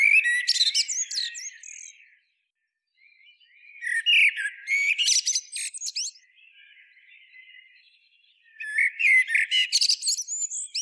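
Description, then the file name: Common blackbird delivering three bursts of shrill, scratchy twitter and high squeaks, separated by quieter warbled passages and a brief silence. "Turdus merula"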